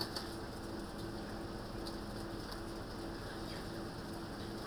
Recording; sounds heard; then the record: poultry house recording; healthy chickens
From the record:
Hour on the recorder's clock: 20